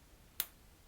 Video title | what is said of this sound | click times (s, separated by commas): AirPods Pro 3 : How to Change - Replace the Ear Tips | Take your thumb and push until you hear a click. | 0.4 s